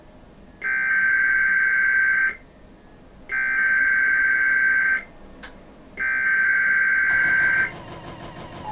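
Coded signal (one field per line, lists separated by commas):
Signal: Emergency Alert System (SAME) tones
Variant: header bursts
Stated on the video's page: Child abduction emergency alerts relayed on an internet stream station and an AM station.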